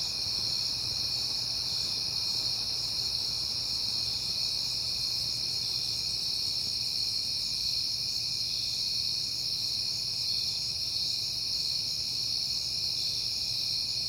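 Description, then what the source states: Crickets sing in a steady high trill that never stops, with a faint low hum. Crickets recorded at night in September, on a peaceful night.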